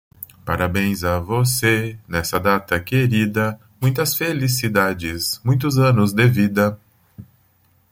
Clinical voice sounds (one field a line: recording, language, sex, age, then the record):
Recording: short text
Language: Brazilian Portuguese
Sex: male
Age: 50 to 59 years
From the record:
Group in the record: control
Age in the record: 50 years